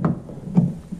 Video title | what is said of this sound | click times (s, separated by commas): Easy Smoke Detector Upgrade: Ensuring Your Home's Safety! | and you just push it in it clicks | 0.0 s